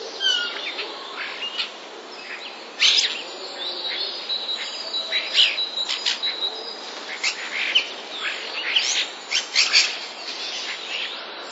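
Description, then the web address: Common starling song of rapid chirps, clicks and sharp sparrow-like notes, uneven bursts running through the whole passage over a constant background hiss. Starling song containing sounds borrowed from sparrows. "wroblowe zapozyczenia szpaki"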